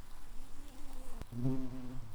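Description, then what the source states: White-tailed bumblebee buzz: a faint low hum, then a sharp click and a steadier, stronger droning buzz with layered harmonics through the second half. Queen.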